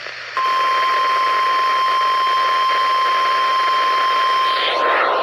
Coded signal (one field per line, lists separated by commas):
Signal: Emergency Alert System (SAME) tones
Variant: 1050 Hz attention tone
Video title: EAS #2,500!!! EAS Alerts from 5/18/19 - (EAS #2,500 - 2,502)